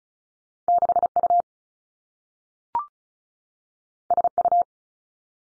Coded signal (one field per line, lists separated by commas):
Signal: Morse code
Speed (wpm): 36 wpm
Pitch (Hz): 700 Hz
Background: none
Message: 6 U S U